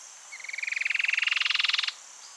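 Cherrie's antwren: one fast, even trill of clicking notes lasting about one and a half seconds, swelling in loudness and rising slightly in pitch, over a steady high hum.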